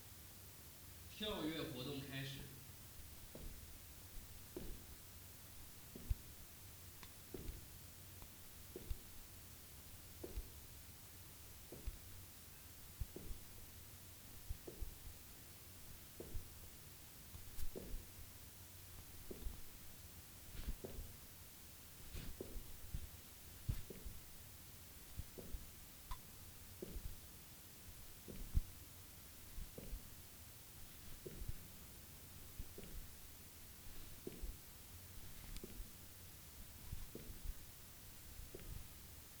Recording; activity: daily activity, guitar pickup as the sensor; jump